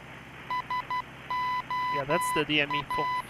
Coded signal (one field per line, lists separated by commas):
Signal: Morse code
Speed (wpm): 12 wpm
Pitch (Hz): 1000 Hz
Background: speech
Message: SOA